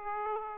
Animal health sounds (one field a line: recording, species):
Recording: mosquito wingbeat signal from an infrared sensor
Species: Aedes aegypti